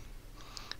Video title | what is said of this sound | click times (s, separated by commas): RGB LED Music Lights, SO239, and Anderson Power Poles | you will definitely feel and hear the click when it is seated | 0.6 s, 0.7 s